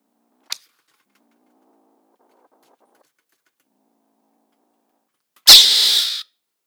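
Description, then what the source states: Mongoose giving one harsh, breathy hiss lasting under a second, preceded several seconds earlier by a brief sharp click; silence otherwise. Recorded in summer 2014.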